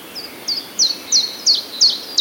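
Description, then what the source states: Common chiffchaff song, a steady run of clipped, high descending notes repeated roughly every third of a second, growing slightly louder through the phrase. Recorded at Wroblowe, Poland, on 17 April 2017.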